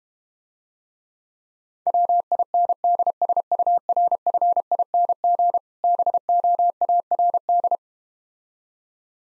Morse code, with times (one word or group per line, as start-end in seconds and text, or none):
1.9-5.6 WINDSURFING
5.8-7.8 BOARD